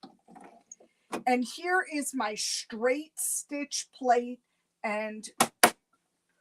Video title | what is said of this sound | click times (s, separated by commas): Day 4 Virtual Quilt Fest 2022 Hosted by SewingMachinesPlus! | with a snap it just goes right into place | 5.6 s